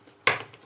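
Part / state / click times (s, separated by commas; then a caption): snap fastener on a laminated pocket flap / seated / 0.3 s. The two halves of a snap fastener on a laminated plastic storage pocket flap are pressed together to close it. A loud, sharp snap at 0.3 s rings briefly, followed by a faint tick. The fastener pops into place and the flap is shut.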